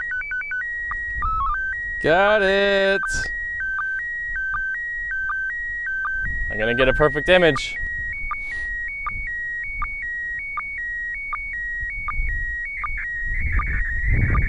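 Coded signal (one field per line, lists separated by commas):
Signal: SSTV (slow-scan television)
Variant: PD 180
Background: speech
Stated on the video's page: MAI-75 SSTV transmitted from the ISS, received during a pass over North America.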